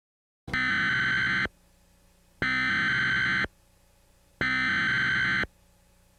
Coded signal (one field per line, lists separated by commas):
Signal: Emergency Alert System (SAME) tones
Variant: header bursts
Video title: JTK Rampage (EAS Scenario)